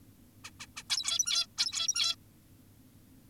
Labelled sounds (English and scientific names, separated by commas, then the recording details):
Zebra Finch (Taeniopygia guttata)
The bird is an adult
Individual g17y2U